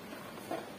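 A spring-loaded lock part is handled as it is pressed toward the housing of an MT871 3-mode rotary hammer drill during reassembly, with a faint low handling noise and a slight rise in level around 0.5 seconds. Nothing has seated or clicked yet; the clip ends before the part goes home.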